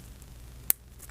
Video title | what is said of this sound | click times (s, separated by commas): DIY Battery Operated Motion Detecting Gun Safe Light Tutorial For Under $40 | it down to till it clicks and it's solid | 0.7 s